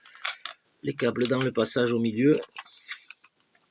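The plastic body shell of a 1/32 mini RC car is handled over its chassis clips, to be pressed on without the screws, with a few faint handling ticks around 0.3, 0.5 and 3.1 seconds while someone talks. Nothing has seated or clicked yet.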